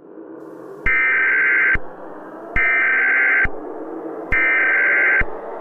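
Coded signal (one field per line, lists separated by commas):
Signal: Emergency Alert System (SAME) tones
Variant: header bursts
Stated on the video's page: Fictional EAS scenario about a Yellowstone eruption, not a real alert.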